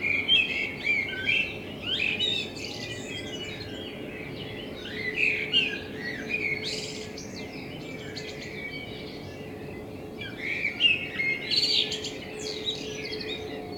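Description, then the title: Common blackbird song: three separate phrases of fluted warbling and squeaky high twitters, with quiet pauses between. Blackbird in front of the recordist's window; captured binaurally with a self-built dummy head, for headphone listening. "Kunstkopfaufnahme der Amsel vor meinem Fenster"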